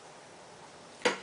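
A screw in the plastic head of a Kinetico water softener valve is turned backwards over a quiet background until one small, sharp click sounds at 1.0 s. The click shows the screw has dropped into the existing threads, so it is seated and lined up and will not cut new threads.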